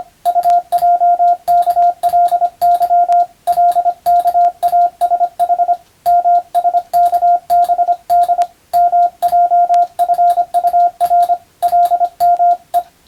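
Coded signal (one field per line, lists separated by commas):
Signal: Morse code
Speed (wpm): 25 wpm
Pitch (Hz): 700 Hz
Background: radio noise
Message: UJKLY LKASH MSKBD MJFUR LME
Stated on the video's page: Morse receiving practice for the Japanese radio operator national exam, recorded by a first-class radiotelegraph operator.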